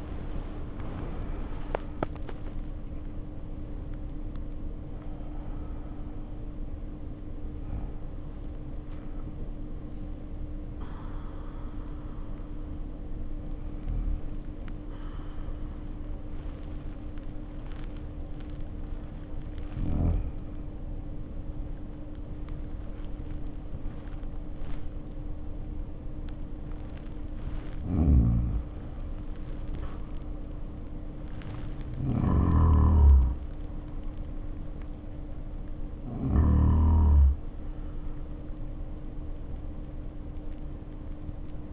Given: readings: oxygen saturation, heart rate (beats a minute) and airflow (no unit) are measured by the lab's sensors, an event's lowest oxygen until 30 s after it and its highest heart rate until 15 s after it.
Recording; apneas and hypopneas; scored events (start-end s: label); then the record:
breathing in sleep by a smartphone at the bedside; none
none scored
From the record:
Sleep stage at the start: N1 (lightest sleep); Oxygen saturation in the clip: 67 to 94%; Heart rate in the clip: 55 to 87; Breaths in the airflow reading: 6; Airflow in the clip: -4.3 to 3.1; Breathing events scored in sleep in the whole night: 520 in 7.2 hours asleep